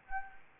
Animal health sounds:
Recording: mosquito wingbeat signal from an infrared sensor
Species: Anopheles gambiae

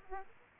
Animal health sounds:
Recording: mosquito wingbeat signal from an infrared sensor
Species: Aedes aegypti

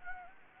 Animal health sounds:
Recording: mosquito wingbeat signal from an infrared sensor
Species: Anopheles gambiae

